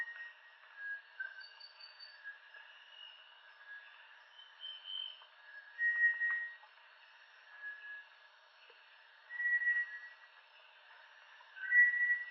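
Bartlett's tinamou whistles, soft and scattered at first, growing louder and clearer toward the end.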